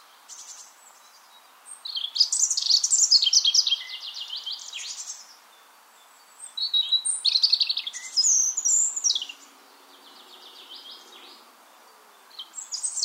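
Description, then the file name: European robin song in several bursts separated by silences, each a fast jumble of high trills and warbles. "Erithacus rubecula"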